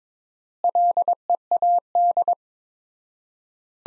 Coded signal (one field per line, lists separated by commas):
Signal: Morse code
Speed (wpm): 22 wpm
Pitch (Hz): 700 Hz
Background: none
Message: LEAD